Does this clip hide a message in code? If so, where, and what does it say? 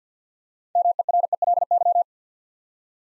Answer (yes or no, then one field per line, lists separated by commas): yes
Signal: Morse code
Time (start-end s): 0.8-2.0 s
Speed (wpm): 47 wpm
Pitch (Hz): 700 Hz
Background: none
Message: MERELY